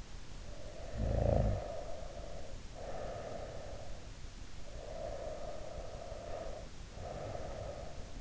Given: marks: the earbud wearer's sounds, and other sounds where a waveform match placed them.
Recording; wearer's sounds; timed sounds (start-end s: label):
sounds in sleep by an in-ear microphone; snoring breath, breath
0.52-3.92 s: snoring breath
4.75-8.21 s: breath